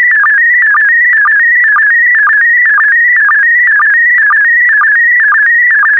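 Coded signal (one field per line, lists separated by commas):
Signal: SSTV (slow-scan television)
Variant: PD120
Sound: warbling tone around 2 kHz with a short low blip about twice a second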